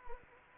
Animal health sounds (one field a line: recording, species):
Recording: mosquito wingbeat signal from an infrared sensor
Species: Anopheles arabiensis